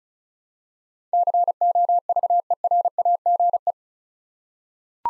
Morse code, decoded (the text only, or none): COVERAGE